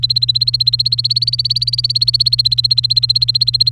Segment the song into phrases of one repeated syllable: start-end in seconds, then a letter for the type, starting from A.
0.00-3.72 A